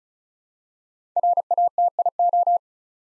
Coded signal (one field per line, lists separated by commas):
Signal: Morse code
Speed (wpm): 36 wpm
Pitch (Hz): 700 Hz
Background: none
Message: RATIO